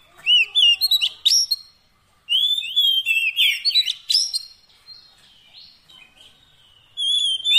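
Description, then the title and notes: Oriental magpie-robin song: bursts of sweet, varied whistles and sharp chirps, rising and falling notes, broken by brief silent pauses. Long-duration fill-in (isian) song of kacer, meant to get the bird singing vigorously (gacor) day and night. "Kacer Jadi Gacor Siang Malam. Isian Kacer Durasi Panjang"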